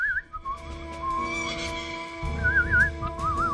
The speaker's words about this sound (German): Und wir werden dabei hier und da sogar ein fröhliches Liedchen pfeifen.